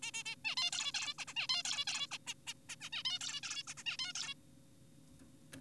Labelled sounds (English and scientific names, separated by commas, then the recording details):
Zebra Finch (Taeniopygia guttata)
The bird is an adult
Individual g4p5U